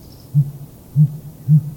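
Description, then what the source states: Sooty Grouse hooting: very low, muffled thumping hoots, three short notes about half a second apart. Male calling in spring from a concealed perch high in a tall conifer; hooting is a very low-pitched five- or six-note thunking sound that females listen for.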